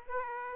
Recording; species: mosquito wingbeat signal from an infrared sensor; Aedes aegypti